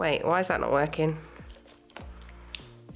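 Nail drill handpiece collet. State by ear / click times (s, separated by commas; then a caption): released / 2.6 s. Someone talks over a plastic nail drill handpiece collet as it is twisted further open, and it clicks sharply into the fully open position at 2.6 seconds. A few fainter ticks come before and after the click, and the collet ends up released and open.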